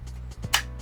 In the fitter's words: That locks in place,